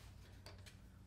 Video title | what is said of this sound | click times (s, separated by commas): Preserving the Apple Harvest to Enjoy All Year! | I heard it snap, so that means it should be connected. | 0.5 s